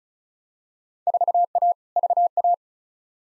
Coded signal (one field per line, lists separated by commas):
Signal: Morse code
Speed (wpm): 34 wpm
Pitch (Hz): 700 Hz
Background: none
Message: 4A VA